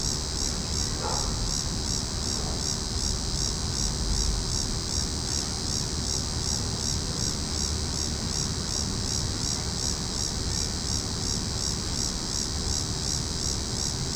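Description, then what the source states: Cicadas keep up a shrill, pulsing buzz throughout, steady and evenly throbbing, with a low rumble beneath. Cicadas calling in a tree.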